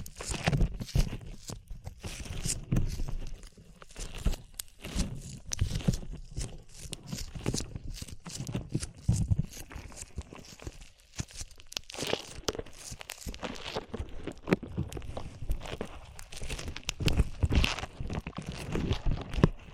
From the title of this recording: ASMR SLIME